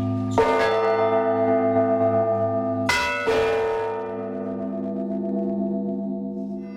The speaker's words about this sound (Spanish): La campana es el símbolo, digamos, acústico del tránsito. La campana es el único instrumento con dos fundamentales a una altura, digamos, de disonancia. Digamos, es la irreverencia máxima, la heterodoxia máxima.